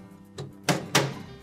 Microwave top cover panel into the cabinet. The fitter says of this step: And just a gentle tap, that'll snap into place.